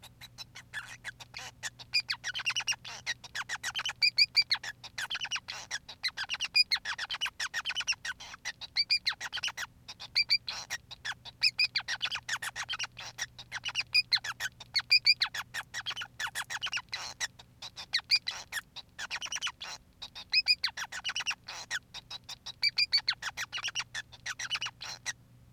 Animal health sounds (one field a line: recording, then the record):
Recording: song of a male Bengalese finch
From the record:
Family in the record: son of father 5